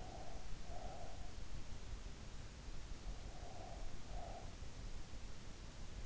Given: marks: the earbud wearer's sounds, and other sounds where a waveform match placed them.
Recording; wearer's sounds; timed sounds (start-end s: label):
sounds in sleep by an in-ear microphone; breath
0.00-1.25 s: breath
3.36-4.59 s: breath